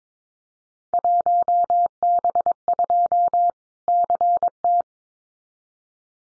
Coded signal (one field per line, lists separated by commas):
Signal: Morse code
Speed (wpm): 22 wpm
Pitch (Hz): 700 Hz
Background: none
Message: 1B2 CT